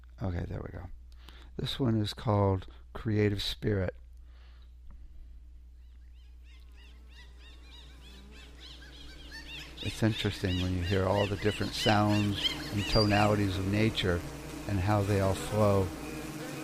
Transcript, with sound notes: Okay, there we go. This one is called Creative Spirit. (nature sounds) It's interesting when you hear all the different sounds and tonalities of nature and how they all flow